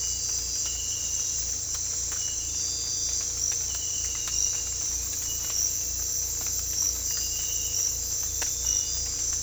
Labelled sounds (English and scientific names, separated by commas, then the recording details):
none
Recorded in dense forest near Puerto Asís, Putumayo, Colombia, on 18 December 2024 at 04:00
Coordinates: 0.486, -76.317
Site G003